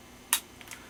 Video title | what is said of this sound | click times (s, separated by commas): Nintendo Switch Unboxing and First Impressions! + Someone has my 3rd switch!!!! | a little snap i would say that like the microsoft surface makes more of a click | 0.3 s